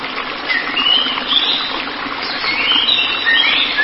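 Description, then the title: White-rumped shama song in a short dense stretch of high whistles and rapid chirps, steady hiss underneath. "Kicau Murai Batu"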